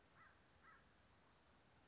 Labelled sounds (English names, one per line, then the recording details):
American Crow
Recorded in Sonoma County, California